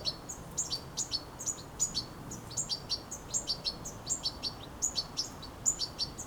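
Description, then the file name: European goldfinch calls: crisp high chirps repeated steadily throughout, with light background hiss. "Carduelis carduelis"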